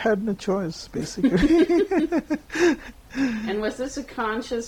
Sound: laughter